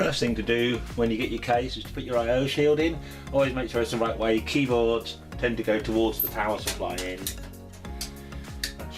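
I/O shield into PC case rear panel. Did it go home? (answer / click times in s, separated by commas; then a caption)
yes / 8.6 s. A metal I/O shield is pressed into the rear opening of a PC case, with the keyboard end toward the power supply, while someone talks over background music. Light taps near the end lead to a sharp click at 8.6 seconds as the shield snaps into place and seats.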